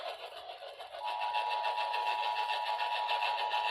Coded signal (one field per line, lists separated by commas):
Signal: Emergency Alert System (SAME) tones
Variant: 853 and 960 Hz attention tone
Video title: DAY IN THE NIGHT OR MORNING OF FREAKING OF LOTS... EAS Alerts from 3/15/25 (EAS#3,099 - #3,109)